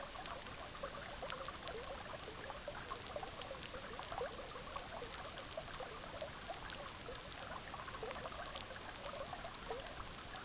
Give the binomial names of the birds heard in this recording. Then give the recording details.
none. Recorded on Arctic tundra, site EABA-MC, on 18 June 2019. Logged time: 06:00